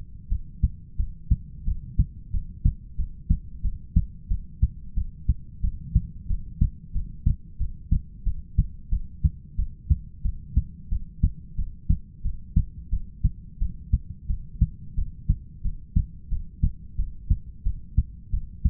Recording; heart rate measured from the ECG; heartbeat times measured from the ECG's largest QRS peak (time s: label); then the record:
heart sounds by stethoscope; 90 bpm
0.30 s: heartbeat
0.98 s: heartbeat
1.65 s: heartbeat
2.32 s: heartbeat
2.97 s: heartbeat
3.63 s: heartbeat
4.29 s: heartbeat
4.95 s: heartbeat
5.62 s: heartbeat
6.28 s: heartbeat
6.93 s: heartbeat
7.59 s: heartbeat
8.25 s: heartbeat
8.91 s: heartbeat
9.57 s: heartbeat
10.23 s: heartbeat
10.90 s: heartbeat
11.57 s: heartbeat
12.23 s: heartbeat
12.91 s: heartbeat
13.60 s: heartbeat
14.28 s: heartbeat
14.96 s: heartbeat
15.63 s: heartbeat
16.30 s: heartbeat
16.97 s: heartbeat
17.64 s: heartbeat
18.32 s: heartbeat
From the record:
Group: heart failure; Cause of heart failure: ischemic heart disease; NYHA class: 1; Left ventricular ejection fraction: 38%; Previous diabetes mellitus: present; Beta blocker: bisoprolol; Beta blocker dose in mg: 15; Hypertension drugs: sacubitril-valsartan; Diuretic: furosemide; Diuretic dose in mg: 20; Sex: male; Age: 33 years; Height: 172 cm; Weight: 78.5 kg